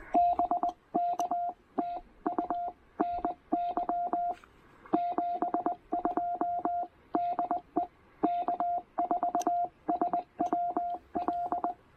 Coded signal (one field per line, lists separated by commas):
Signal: Morse code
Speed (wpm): 20 wpm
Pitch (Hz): 700 Hz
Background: radio noise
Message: BK TU NY 72 DE K4SWL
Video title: Pairing the Penntek TR-45L and Packtenna Random Wire for a casual 17 meter QRP POTA Activation!